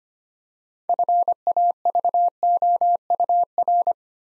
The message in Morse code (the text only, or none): FAVOUR